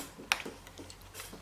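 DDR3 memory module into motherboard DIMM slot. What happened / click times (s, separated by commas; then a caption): The memory module latched into its slot / 0.3 s. A DDR3 memory module is pushed down again into a motherboard DIMM slot. The latch engages with one sharp click at 0.3 s, followed by a few fainter ticks. The module is seated.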